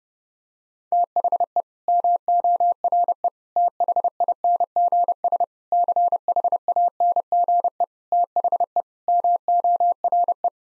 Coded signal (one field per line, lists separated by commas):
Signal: Morse code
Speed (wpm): 32 wpm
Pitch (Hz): 700 Hz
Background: none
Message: THE MORE THINGS CHANGE THE MORE